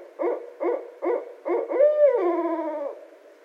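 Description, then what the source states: Barred owl hoots: four short, throaty notes about half a second apart, ending in one prolonged, slurred note that dips lower as it fades. Recorded 18 January 2012.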